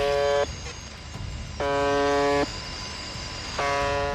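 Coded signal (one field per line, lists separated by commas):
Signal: channel marker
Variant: UVB-76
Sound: harsh, rasping buzz lasting under a second, repeated about every two seconds over hiss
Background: radio static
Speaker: 라디오에서 끊임없이 들려오는 의문의 벗어 음이 소리는 1분에 약 20 5번씩 24 10 년의 송출 됩니다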